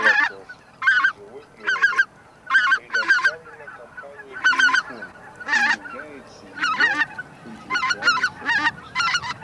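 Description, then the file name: Greater white-fronted goose flock calls, overlapping high, yelping honks in bursts of two to four, with lower cackling gabble running beneath throughout. Flock gabble of greater white-fronted geese, used as a hunting lure. "Белолобый базар"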